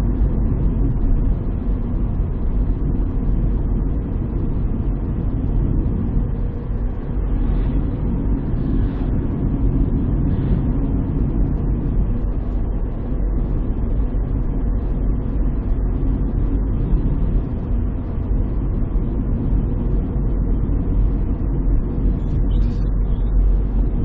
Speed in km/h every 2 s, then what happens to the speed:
53, 51, 51, 52, 52, 53, 54, 54, 53, 54, 52, 49.
0-24 steady at about 52.